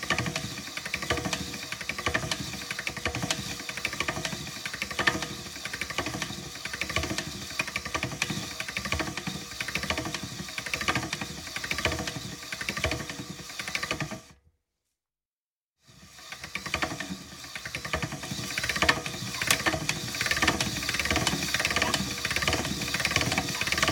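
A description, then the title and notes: A pasta machine is cranked with a busy, rhythmic mechanical clatter, falling silent for about a second near fifteen seconds before resuming. Cranking A Pasta Machine, Different Speeds. Recorded different actions of a pasta machine.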